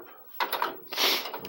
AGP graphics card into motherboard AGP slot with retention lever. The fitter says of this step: Encosta aqui que ele vai fechar lá. Agora foi, entendeu?